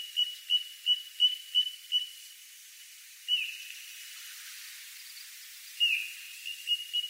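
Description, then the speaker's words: Little Ringed Plover calls: quick series of thin high whistled notes, then longer drawn-out downslurred whistles separated by pauses, over faint hiss. Migrant that breeds on riverbeds and reclaimed land. "コチドリの鳴き声ですコチドリはシギや千鳥の仲間ですスズメより大きく丸い頭に長い足をしています"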